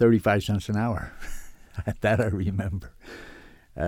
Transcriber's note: he laughs